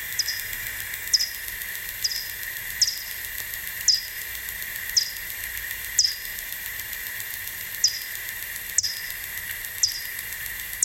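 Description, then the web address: Bat echolocation pulses, each a brief falling sweep, repeating at roughly one-second intervals against a steady hissing background. "fledermaus hoerbeispiele-fledermausrufe fledermausruf"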